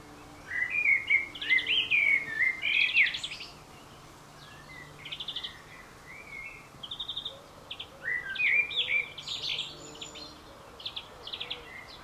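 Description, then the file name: Common blackbird giving a series of mellow, wandering whistled phrases, each closing with high scratchy flourishes, separated by short pauses. "Turdus merula"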